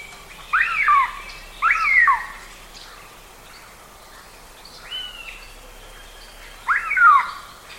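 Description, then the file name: Eurasian jay calls: four arched, somewhat harsh notes with harmonics, two close together, then a softer one and a final louder one, over quiet background. "Garrulus glandarius"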